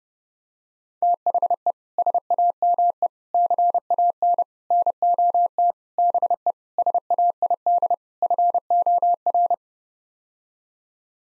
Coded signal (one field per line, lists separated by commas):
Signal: Morse code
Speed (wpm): 30 wpm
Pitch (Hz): 700 Hz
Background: none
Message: THE SAME CAN NOT BE SAID FOR